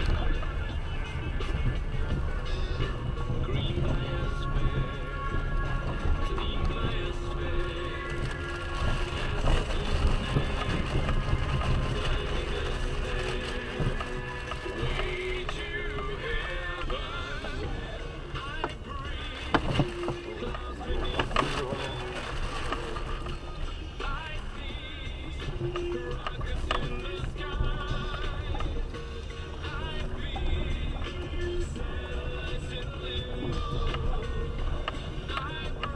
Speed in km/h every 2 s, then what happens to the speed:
15, 17, 11, 6, 5, 11, 13, 8, 4, 3, 4, 4, 6, 7, 9, 16, 14, 14.
0-7 slows to 5. 7-13 speeds up to 13. 13-18 slows to 3. 18-30 speeds up to 16. 30-36 steady at about 14.